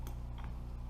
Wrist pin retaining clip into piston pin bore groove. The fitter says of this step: them and they just slip right in and snap right in place and